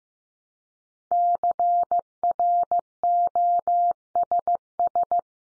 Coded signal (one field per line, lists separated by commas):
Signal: Morse code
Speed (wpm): 15 wpm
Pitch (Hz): 700 Hz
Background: none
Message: CROSS